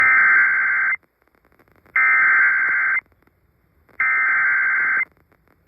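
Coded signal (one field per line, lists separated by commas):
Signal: Emergency Alert System (SAME) tones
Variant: header bursts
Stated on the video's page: Severe thunderstorm warning on 98.7 FM; the station's signal was interrupted mid-alert, possibly by a power outage.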